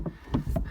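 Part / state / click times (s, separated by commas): car boot lid latch emergency release / released / 0.3 s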